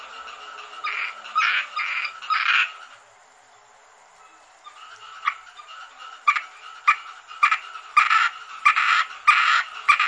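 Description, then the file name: Asian grass frog calls: a run of raspy croaks, a short lull, then quicker rattling notes and sharp clicks building toward the end. "rana limnocharis yannick dauby gruenrekorder"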